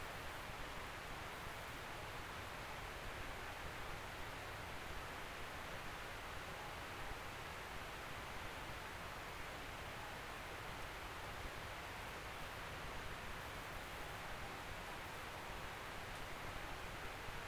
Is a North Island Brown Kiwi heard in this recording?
no